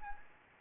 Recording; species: mosquito wingbeat signal from an infrared sensor; Anopheles gambiae